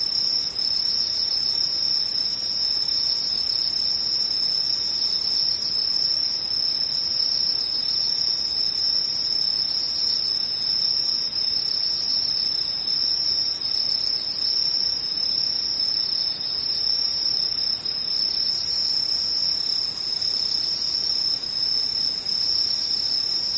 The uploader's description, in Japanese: ムシ